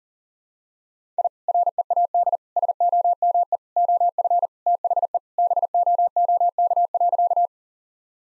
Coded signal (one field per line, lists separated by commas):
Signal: Morse code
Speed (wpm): 37 wpm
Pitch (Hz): 700 Hz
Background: none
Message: I READ SOME OF THE BOOK.